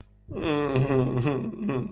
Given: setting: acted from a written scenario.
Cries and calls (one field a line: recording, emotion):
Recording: vocal sound without words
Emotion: embarrassment